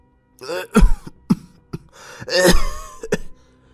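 Master Lã clears his throat in the outer room in several rough, gravelly bursts over a few seconds, some voiced and rasping, others short and sharp, with no other sounds around them.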